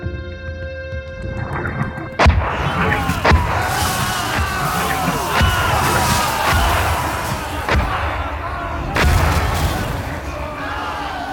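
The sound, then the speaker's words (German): Heavy booms of cannon fire strike at irregular intervals over a continuous roar of battle, with shouting crowds, screaming voices and animal cries blending into a dense, chaotic din. “Schwarze Schatten schieben sich in die Ebene vor. Die Kanonen.”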